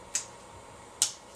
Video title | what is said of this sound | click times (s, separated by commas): Tool Talk with Mark the Window Cleaner 28 Unger Plastic Cranked Joint Angle Adaptor | again use the0 degree make sure it snaps into place locks on | 0.1 s, 1.0 s